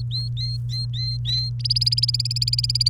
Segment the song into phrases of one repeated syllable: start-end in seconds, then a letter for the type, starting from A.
0.00-1.49 A, 1.60-2.89 B